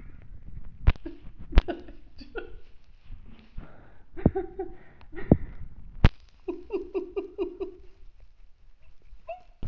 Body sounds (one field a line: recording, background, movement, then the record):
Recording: laughter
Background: quiet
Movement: sitting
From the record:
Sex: female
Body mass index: 21.8 kg/m2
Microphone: on the chest, facing the body